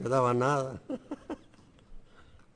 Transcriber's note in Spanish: risas